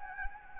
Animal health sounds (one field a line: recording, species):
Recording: mosquito wingbeat signal from an infrared sensor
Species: Anopheles gambiae